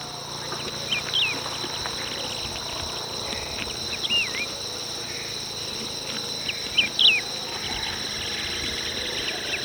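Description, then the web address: Wedge-tailed grass-finch calls: brief, slurred, twisting notes spaced irregularly, accompanied by continuous buzzing insects. Recorded in Ecuador. "Natures Songs S America Birds of Ecuador. Wedge-Tailed Grass-Finch"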